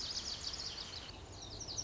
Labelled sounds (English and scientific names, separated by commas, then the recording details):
Lazuli Bunting (Passerina amoena)
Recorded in Sonoma County, California